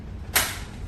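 A waste bag fitting is pressed with both hands into its port at the bottom of a BEERMKR home brewing machine. A loud, sharp snap sounds at 0.4 s over low background hum, and the fitting is seated.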